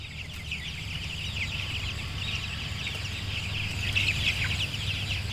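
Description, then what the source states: Chicken chicks peeping as a dense flock, a continuous chorus of high, quick chirps over a steady low hum. Free-range broiler chicks of the Crystal Lake Free Ranger breed at Crystal Lake Farms, western Benton County near Decatur; the breed loves getting outside to forage in open pasture.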